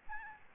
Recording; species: mosquito wingbeat signal from an infrared sensor; Aedes albopictus